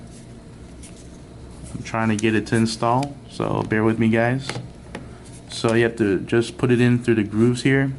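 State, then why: Not seated. A Samsung Galaxy S10E smartphone is being pressed into the grooves of a rugged plastic and rubber Pelican Voyager protective case while someone talks, with faint handling sounds between the words. Nothing has seated or clicked into place yet.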